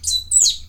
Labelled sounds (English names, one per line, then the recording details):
Stitchbird song
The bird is a male
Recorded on Tiritiri Matangi Island, New Zealand, in 2005
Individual 22, of nest box 31